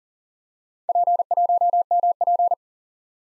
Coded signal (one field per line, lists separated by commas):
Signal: Morse code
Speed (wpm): 40 wpm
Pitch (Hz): 700 Hz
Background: none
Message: P1MP